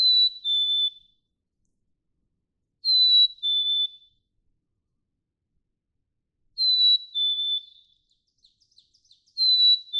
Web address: birdsongforthecurious Black-capped Chickadee